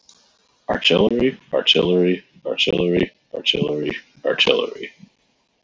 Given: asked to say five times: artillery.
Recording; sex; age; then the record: repeated word; male; 30 to 39 years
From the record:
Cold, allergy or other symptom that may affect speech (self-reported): no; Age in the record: 31 years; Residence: Arizona, United States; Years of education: 17